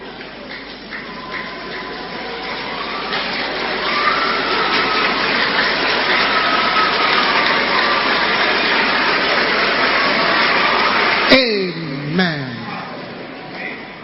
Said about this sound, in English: And rub your two hands together. Rub those two hands together vigorously.